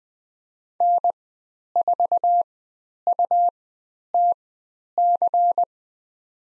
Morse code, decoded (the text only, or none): N4UTC